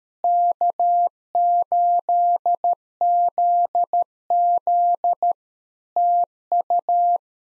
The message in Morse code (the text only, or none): K8ZZ TU